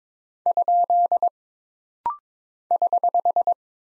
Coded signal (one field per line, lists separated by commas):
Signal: Morse code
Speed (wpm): 22 wpm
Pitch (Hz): 700 Hz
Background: none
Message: ? <HH>